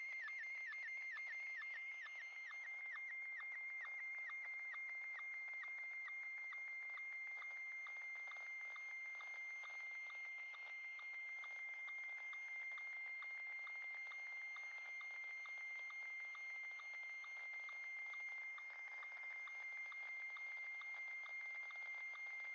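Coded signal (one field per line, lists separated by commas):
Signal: SSTV (slow-scan television)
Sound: steady high warbling tone with rapid regular chirps dropping lower, repeating many times a second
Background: radio static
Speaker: so annoying but check it out this is slow scan television [Applause] it dropped out at the bottom but that's okay we can go with what we have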